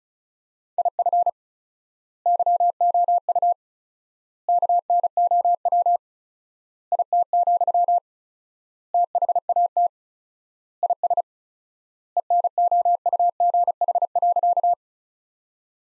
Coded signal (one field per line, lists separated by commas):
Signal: Morse code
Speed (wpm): 36 wpm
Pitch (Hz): 700 Hz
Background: none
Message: IF YOU KNOW IT, THAT IS ENOUGH.